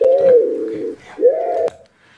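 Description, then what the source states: Common wood pigeon giving two low, hollow cooing notes, the first slowly falling, the second rising then level, with a brief click near the end. Played from a recording during a bird-sound quiz.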